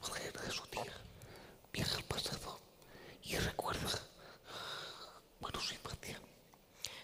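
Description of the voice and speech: An adult man speaks Spanish entirely in a whisper, with no voiced tone, in short phrases broken by pauses. The whispered voice comes from laryngeal dystonia (spasmodic dysphonia), a neurological condition in which involuntary spasms of the larynx prevent normal voicing.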